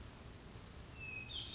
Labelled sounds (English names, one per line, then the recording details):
Hermit Thrush
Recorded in Sonoma County, California